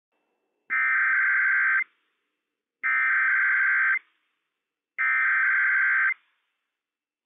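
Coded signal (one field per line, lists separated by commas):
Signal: Emergency Alert System (SAME) tones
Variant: header bursts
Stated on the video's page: Required Weekly Test from weather radio station WWF56, issued by a county emergency management office.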